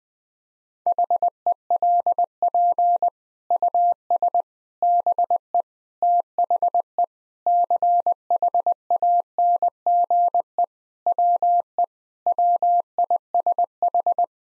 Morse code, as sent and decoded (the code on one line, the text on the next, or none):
.... . .-.. .--. / ..- ... / -... . / - .... . / -.-. .... .- -. --. . / .-- . / .-- .. ... ....
HELP US BE THE CHANGE WE WISH